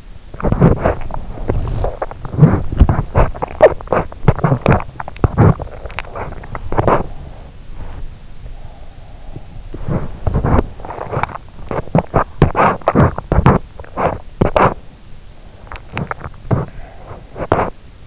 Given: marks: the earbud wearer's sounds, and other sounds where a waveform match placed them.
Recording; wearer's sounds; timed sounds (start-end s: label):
sounds in sleep by an in-ear microphone; teeth grinding
0.00-18.07 s: teeth grinding